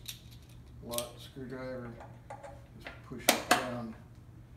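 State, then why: Not seated. While reassembling a Shopsmith headstock after a drive belt change, someone talks as a retaining clip is pushed down into the headstock housing with a flat-blade screwdriver or a thumb. Short handling taps and scrapes are heard, with two sharper knocks near 3.3 and 3.5 seconds. The clip has not snapped into place yet; nothing has seated or clicked.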